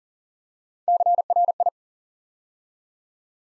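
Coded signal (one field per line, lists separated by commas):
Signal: Morse code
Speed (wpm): 38 wpm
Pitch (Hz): 700 Hz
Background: none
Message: CRI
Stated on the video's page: Build-a-word Morse drill of 8-letter words, sent three letters at a time at 40 wpm, for instant character recognition.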